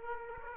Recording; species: mosquito wingbeat signal from an infrared sensor; Aedes aegypti